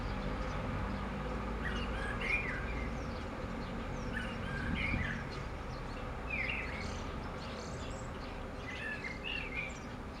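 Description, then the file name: Common blackbird song, fluty warbling phrases every two seconds or so over steady background hiss and low rumble. "Turdus merula"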